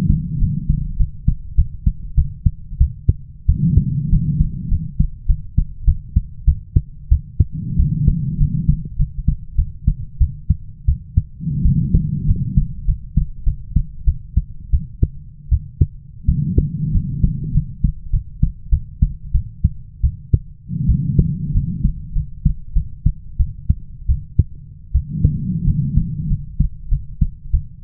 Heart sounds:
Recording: heart sounds by stethoscope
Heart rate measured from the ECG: 93 bpm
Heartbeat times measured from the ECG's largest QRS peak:
0.40 s: heartbeat
0.98 s: heartbeat
1.56 s: heartbeat
2.16 s: heartbeat
2.79 s: heartbeat
3.47 s: heartbeat
4.11 s: heartbeat
4.70 s: heartbeat
5.27 s: heartbeat
5.86 s: heartbeat
6.46 s: heartbeat
7.10 s: heartbeat
7.77 s: heartbeat
8.38 s: heartbeat
8.97 s: heartbeat
9.56 s: heartbeat
10.19 s: heartbeat
10.86 s: heartbeat
11.63 s: heartbeat
12.26 s: heartbeat
12.86 s: heartbeat
13.45 s: heartbeat
14.05 s: heartbeat
14.71 s: heartbeat
15.50 s: heartbeat
16.26 s: heartbeat
16.92 s: heartbeat
17.53 s: heartbeat
18.11 s: heartbeat
18.70 s: heartbeat
19.33 s: heartbeat
20.02 s: heartbeat
20.87 s: heartbeat
21.53 s: heartbeat
22.14 s: heartbeat
22.74 s: heartbeat
23.38 s: heartbeat
24.07 s: heartbeat
24.93 s: heartbeat
25.65 s: heartbeat
26.28 s: heartbeat
26.90 s: heartbeat
27.52 s: heartbeat
From the record:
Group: healthy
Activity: rest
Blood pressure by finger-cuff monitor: 117/73 mmHg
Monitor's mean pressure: 88 mmHg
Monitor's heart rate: 95 bpm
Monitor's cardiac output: 8.2 L/min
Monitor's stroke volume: 87 mL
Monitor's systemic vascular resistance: 790 dyn s/cm5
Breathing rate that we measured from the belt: 14 breaths a minute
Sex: female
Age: 22 years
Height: 157 cm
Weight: 47.6 kg

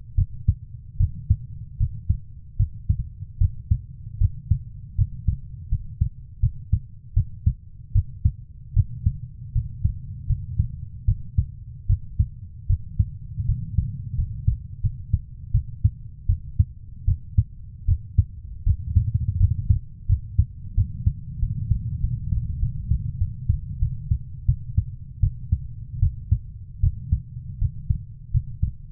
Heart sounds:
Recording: heart sounds by stethoscope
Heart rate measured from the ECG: 81 bpm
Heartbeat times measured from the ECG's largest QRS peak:
0.15 s: heartbeat
0.97 s: heartbeat
1.77 s: heartbeat
2.57 s: heartbeat
3.38 s: heartbeat
4.18 s: heartbeat
4.96 s: heartbeat
5.69 s: heartbeat
6.40 s: heartbeat
7.14 s: heartbeat
7.92 s: heartbeat
8.74 s: heartbeat
9.53 s: heartbeat
10.27 s: heartbeat
11.05 s: heartbeat
11.87 s: heartbeat
12.67 s: heartbeat
13.46 s: heartbeat
14.15 s: heartbeat
14.81 s: heartbeat
15.51 s: heartbeat
16.26 s: heartbeat
17.05 s: heartbeat
17.85 s: heartbeat
18.64 s: heartbeat
19.38 s: heartbeat
20.07 s: heartbeat
20.75 s: heartbeat
21.40 s: heartbeat
22.01 s: heartbeat
22.60 s: heartbeat
23.18 s: heartbeat
23.79 s: heartbeat
24.46 s: heartbeat
25.20 s: heartbeat
26.00 s: heartbeat
26.81 s: heartbeat
27.59 s: heartbeat
28.31 s: heartbeat
From the record:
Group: healthy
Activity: rest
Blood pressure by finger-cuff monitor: 116/73 mmHg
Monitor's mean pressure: 92 mmHg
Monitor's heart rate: 77 bpm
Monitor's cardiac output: 6.6 L/min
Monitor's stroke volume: 84 mL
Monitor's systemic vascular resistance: 1030 dyn s/cm5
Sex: female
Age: 24 years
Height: 163 cm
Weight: 55.7 kg

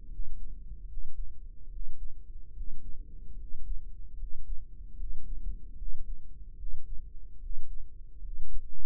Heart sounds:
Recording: heart sounds by microphone in the right ear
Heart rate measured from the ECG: 74 bpm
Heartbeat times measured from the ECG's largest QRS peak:
0.08 s: heartbeat
0.86 s: heartbeat
1.68 s: heartbeat
2.52 s: heartbeat
3.35 s: heartbeat
4.15 s: heartbeat
4.95 s: heartbeat
5.75 s: heartbeat
6.55 s: heartbeat
7.38 s: heartbeat
8.19 s: heartbeat
From the record:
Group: healthy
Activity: rest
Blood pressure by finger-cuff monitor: 100/68 mmHg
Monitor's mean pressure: 77 mmHg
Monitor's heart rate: 75 bpm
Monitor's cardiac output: 6.5 L/min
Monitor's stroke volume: 86 mL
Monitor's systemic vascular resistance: 840 dyn s/cm5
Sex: male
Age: 23 years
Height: 178 cm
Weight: 96.6 kg

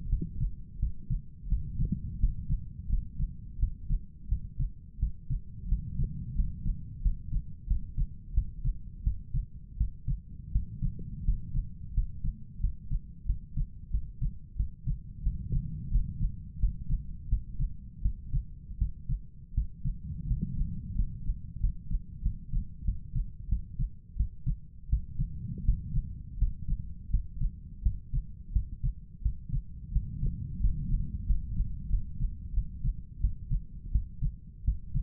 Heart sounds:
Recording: heart sounds by stethoscope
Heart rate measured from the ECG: 87 bpm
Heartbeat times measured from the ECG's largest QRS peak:
0.09 s: heartbeat
0.79 s: heartbeat
1.48 s: heartbeat
2.19 s: heartbeat
2.89 s: heartbeat
3.59 s: heartbeat
4.28 s: heartbeat
4.99 s: heartbeat
5.68 s: heartbeat
6.35 s: heartbeat
7.02 s: heartbeat
7.67 s: heartbeat
8.33 s: heartbeat
9.03 s: heartbeat
9.77 s: heartbeat
10.51 s: heartbeat
11.24 s: heartbeat
11.93 s: heartbeat
12.60 s: heartbeat
13.26 s: heartbeat
13.90 s: heartbeat
14.56 s: heartbeat
15.23 s: heartbeat
15.91 s: heartbeat
16.59 s: heartbeat
17.28 s: heartbeat
18.02 s: heartbeat
18.78 s: heartbeat
19.54 s: heartbeat
20.27 s: heartbeat
20.95 s: heartbeat
21.60 s: heartbeat
22.22 s: heartbeat
22.84 s: heartbeat
23.49 s: heartbeat
24.16 s: heartbeat
24.89 s: heartbeat
25.64 s: heartbeat
26.38 s: heartbeat
27.10 s: heartbeat
27.82 s: heartbeat
28.52 s: heartbeat
29.22 s: heartbeat
29.92 s: heartbeat
30.60 s: heartbeat
31.26 s: heartbeat
31.89 s: heartbeat
32.54 s: heartbeat
33.20 s: heartbeat
33.91 s: heartbeat
34.64 s: heartbeat
From the record:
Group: healthy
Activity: rest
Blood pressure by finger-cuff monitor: 91/52 mmHg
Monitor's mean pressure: 63 mmHg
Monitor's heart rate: 86 bpm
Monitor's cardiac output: 8 L/min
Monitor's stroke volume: 92 mL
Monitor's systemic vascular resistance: 550 dyn s/cm5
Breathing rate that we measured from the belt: 13 breaths a minute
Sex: male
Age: 23 years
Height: 179 cm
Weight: 87 kg

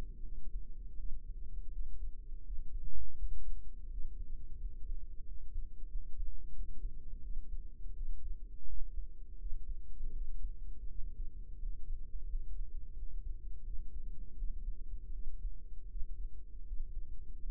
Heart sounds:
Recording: heart sounds by microphone in the right ear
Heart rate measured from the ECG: 84 bpm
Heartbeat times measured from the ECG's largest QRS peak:
0.20 s: heartbeat
0.95 s: heartbeat
1.68 s: heartbeat
2.41 s: heartbeat
3.14 s: heartbeat
3.87 s: heartbeat
4.56 s: heartbeat
5.22 s: heartbeat
5.86 s: heartbeat
6.51 s: heartbeat
7.19 s: heartbeat
7.92 s: heartbeat
8.64 s: heartbeat
9.36 s: heartbeat
10.10 s: heartbeat
10.85 s: heartbeat
11.56 s: heartbeat
12.25 s: heartbeat
12.92 s: heartbeat
13.61 s: heartbeat
14.33 s: heartbeat
15.10 s: heartbeat
15.86 s: heartbeat
16.63 s: heartbeat
17.40 s: heartbeat
From the record:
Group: healthy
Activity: rest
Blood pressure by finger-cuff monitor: 105/61 mmHg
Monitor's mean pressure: 73 mmHg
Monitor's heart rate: 83 bpm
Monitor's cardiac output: 7.1 L/min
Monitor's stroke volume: 85 mL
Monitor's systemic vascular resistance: 740 dyn s/cm5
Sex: female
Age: 26 years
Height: 165 cm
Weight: 55 kg

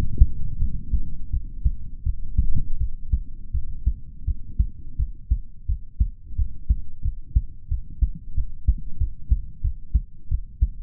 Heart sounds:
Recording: heart sounds by stethoscope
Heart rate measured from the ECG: 87 bpm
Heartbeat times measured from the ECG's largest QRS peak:
0.58 s: heartbeat
1.30 s: heartbeat
2.03 s: heartbeat
2.77 s: heartbeat
3.51 s: heartbeat
4.24 s: heartbeat
4.96 s: heartbeat
5.65 s: heartbeat
6.35 s: heartbeat
7.01 s: heartbeat
7.68 s: heartbeat
8.34 s: heartbeat
8.97 s: heartbeat
9.61 s: heartbeat
10.28 s: heartbeat
From the record:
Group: healthy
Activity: rest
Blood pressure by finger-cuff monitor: 98/70 mmHg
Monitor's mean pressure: 79 mmHg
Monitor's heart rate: 85 bpm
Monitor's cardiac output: 6.1 L/min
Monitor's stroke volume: 74 mL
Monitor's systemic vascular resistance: 920 dyn s/cm5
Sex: male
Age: 20 years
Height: 187 cm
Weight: 68.9 kg

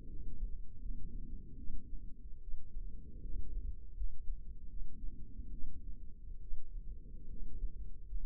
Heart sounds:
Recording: heart sounds by microphone in the left ear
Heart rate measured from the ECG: 75 bpm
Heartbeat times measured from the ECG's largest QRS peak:
0.09 s: heartbeat
0.81 s: heartbeat
1.58 s: heartbeat
2.42 s: heartbeat
3.23 s: heartbeat
3.96 s: heartbeat
4.69 s: heartbeat
5.52 s: heartbeat
6.41 s: heartbeat
7.29 s: heartbeat
8.06 s: heartbeat
From the record:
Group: healthy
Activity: rest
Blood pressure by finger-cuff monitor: 132/65 mmHg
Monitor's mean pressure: 84 mmHg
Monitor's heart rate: 73 bpm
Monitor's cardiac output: 7.3 L/min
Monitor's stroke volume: 98 mL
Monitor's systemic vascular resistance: 840 dyn s/cm5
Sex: female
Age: 22 years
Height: 160 cm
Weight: 63 kg

